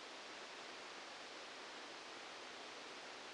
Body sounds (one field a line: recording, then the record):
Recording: brain microelectrode recording played as sound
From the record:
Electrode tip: outside the subthalamic nucleus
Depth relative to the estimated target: -6 mm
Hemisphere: left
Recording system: NeuroSet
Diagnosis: Parkinson's disease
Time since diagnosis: 14 years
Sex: male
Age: 51 years